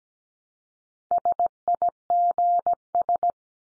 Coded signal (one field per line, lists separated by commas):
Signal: Morse code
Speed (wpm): 17 wpm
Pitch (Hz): 700 Hz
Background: none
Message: SIGS